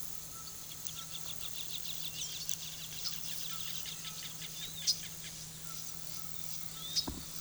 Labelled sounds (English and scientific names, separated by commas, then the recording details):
White-throated Toucan (Ramphastos tucanus), Yellow-rumped Cacique (Cacicus cela), Silver-beaked Tanager (Ramphocelus carbo)
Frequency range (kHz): Yellow-rumped Cacique (Cacicus cela) 0.4-6.6 kHz; Silver-beaked Tanager (Ramphocelus carbo) 3.0-8.5 kHz
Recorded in pastures near Puerto Asís, Putumayo, Colombia, on 20 February 2024 at 09:30
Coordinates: 0.466, -76.323
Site G6384